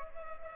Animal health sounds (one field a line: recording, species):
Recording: mosquito wingbeat signal from an infrared sensor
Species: Culex pipiens